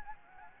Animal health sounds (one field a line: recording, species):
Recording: mosquito wingbeat signal from an infrared sensor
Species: Anopheles gambiae